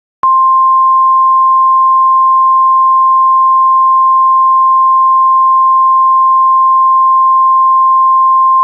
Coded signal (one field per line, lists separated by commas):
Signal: Emergency Alert System (SAME) tones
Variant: 1050 Hz attention tone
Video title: EAS Alert - Tornado Watch 1 - 1/8/24 - Houston, TX